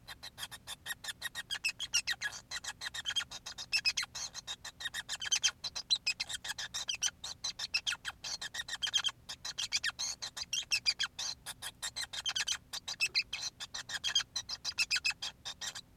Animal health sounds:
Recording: song of a male Bengalese finch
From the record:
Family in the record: son of father 5

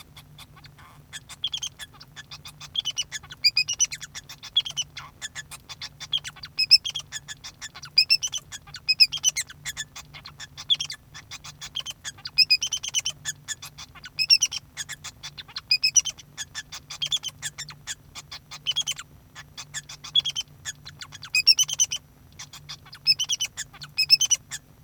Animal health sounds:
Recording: song of a male Bengalese finch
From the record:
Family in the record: son of father 2

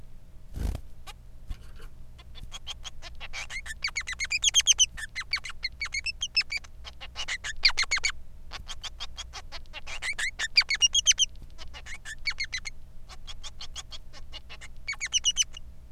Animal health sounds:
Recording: song of a male Bengalese finch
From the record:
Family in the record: son of father 3

